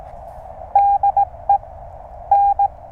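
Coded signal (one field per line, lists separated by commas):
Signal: Morse code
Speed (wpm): 18 wpm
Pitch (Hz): 800 Hz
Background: none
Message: DE N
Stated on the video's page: QRP CW POTA park activation working DX with a speaker wire antenna tuned by a ZM-2 tuner.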